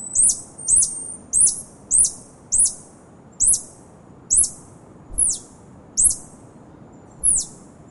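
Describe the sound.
Tarsier calls: ten very high, thin chirps that sweep sharply downward, given in a series over a soft low hiss.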